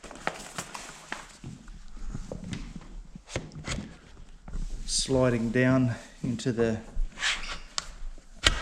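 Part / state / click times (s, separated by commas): fork bag mounting plate into fork-mounted cradle / seated / 7.8 s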